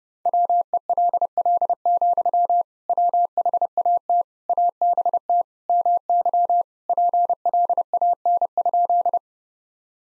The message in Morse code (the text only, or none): WELL, WHAT ABT MY PLAN?